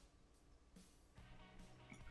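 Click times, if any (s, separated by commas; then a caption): none. A plastic part of a 30 Minutes Sisters model kit is pushed into its mating socket while faint music plays in the background. A soft tap is heard at about 1.9 s, but the part has not clicked in.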